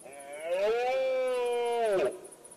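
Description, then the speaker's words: Red deer stag roar: one drawn-out harmonic bellow of about one and a half seconds, steady and then dropping sharply at the end, with faint rhythmic high ticking behind. Stag bellowing in the autumn rut (berrea) in northern Extremadura; the rut starts with falling temperatures and the first late-summer rains. "En las proximidades del embalse de Gabriel y Galán se escucha el bramido de los ciervos que muchos días se acercan hasta la orilla para beber."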